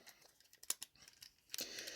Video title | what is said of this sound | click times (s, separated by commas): STUDIO SERIES: Rotb Bumblebee review!!!!!!! | and pop them into place | 0.7 s